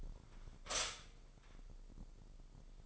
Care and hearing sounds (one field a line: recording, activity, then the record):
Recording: daily activity, microphone in the room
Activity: stop toaster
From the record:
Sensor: 5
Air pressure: 995.3 hPa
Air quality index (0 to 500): 107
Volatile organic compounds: 8 ppm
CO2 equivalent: 2061 ppm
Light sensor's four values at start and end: 34/81/32/33 and 34/82/33/33